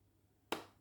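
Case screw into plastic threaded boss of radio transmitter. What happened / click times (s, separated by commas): The screw thread dropped into the existing thread with a click / 0.5 s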